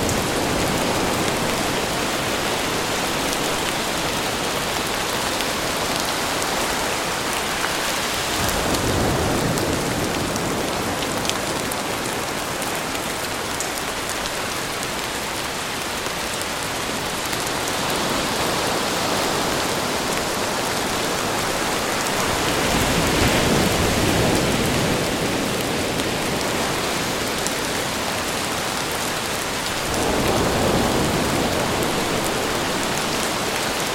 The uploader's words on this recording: The sound of gently breaking ocean waves. Rain gently falls on ocean waves.